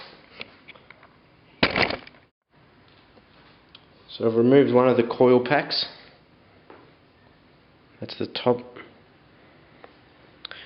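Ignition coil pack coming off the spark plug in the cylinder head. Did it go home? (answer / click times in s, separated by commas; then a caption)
released / 10.4 s. A stick-type ignition coil pack with a rubber boot is pulled up out of the spark plug well in the cylinder head of a GSXR600 motorcycle engine. Someone talks, with scattered handling knocks and a sharp burst near 1.6 s. The coil pack releases with a short pop at 10.5 s.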